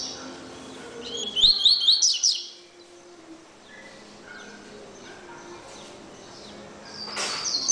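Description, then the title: Double-collared seedeater song: a quick burst of high, sharply rising chirped notes lasting about a second, then quieter background twitters and a faint call. "Canto Coleiro"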